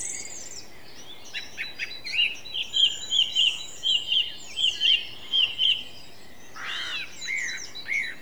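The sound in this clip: Song thrush song, one short note repeated many times in a steady series, then a few different notes.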